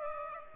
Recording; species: mosquito wingbeat signal from an infrared sensor; Aedes aegypti